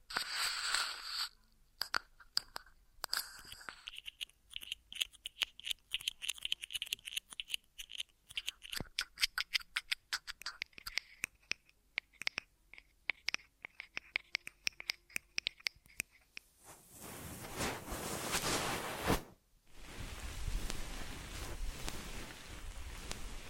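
Ear massage triggers: dense crackly clicks and crunchy rustles for about sixteen seconds, then a rushing, hissy rub with a brief pause near nineteen seconds.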